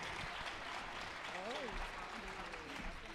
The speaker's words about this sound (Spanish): Bien, por favor, os pido que le deis otro aplauso más para que se anime. Esto es el directo, que no pasa nada por eso.